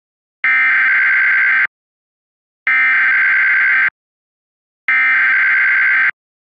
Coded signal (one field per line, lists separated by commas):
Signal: Emergency Alert System (SAME) tones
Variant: header bursts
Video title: EAS - Back Against the Blue (fictional)